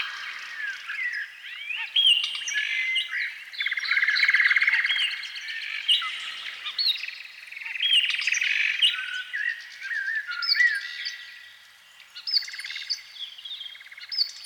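Canary song, long and varied: rolling trills, chirps and sweeping whistles flowing almost without pause, swelling and fading in loudness across the phrase.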